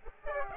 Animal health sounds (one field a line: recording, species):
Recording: mosquito wingbeat signal from an infrared sensor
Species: Aedes aegypti